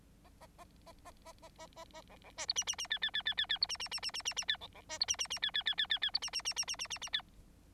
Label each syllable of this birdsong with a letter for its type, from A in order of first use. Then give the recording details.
A A A A A A A A A A B B C D E E E F F F F F F D E E E E E E E F B B C D E E E F F F F F F D E E E E E E E E F. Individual Bird9